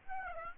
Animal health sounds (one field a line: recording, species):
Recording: mosquito wingbeat signal from an infrared sensor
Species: Aedes aegypti